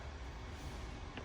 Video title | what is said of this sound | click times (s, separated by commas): How to install an Espar S2D2 on a 2019 Sprinter Van | so I've inserted the two wires on one side of the fuse block and you can know when they're in because you'll hear them click so | 1.2 s